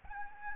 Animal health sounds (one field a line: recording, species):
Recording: mosquito wingbeat signal from an infrared sensor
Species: Aedes albopictus